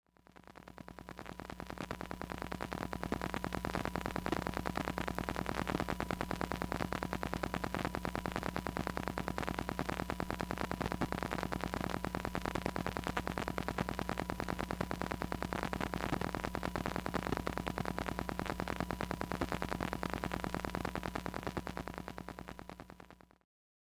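Induction coil pickup of electronics gives a dense, steady buzzing crackle with a low hum and fine rapid ticking, fading in and out.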